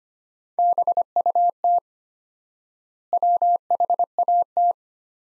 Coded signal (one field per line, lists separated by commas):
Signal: Morse code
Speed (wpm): 25 wpm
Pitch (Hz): 700 Hz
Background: none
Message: BUT WHAT